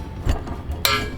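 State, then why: Torque reached. A torque wrench set to 80 pounds tightens a truck hitch mounting bolt, with a softer knock around 0.3 s. A sharp metallic click at 0.9 s marks the setting, showing the bolt has reached 80 pounds.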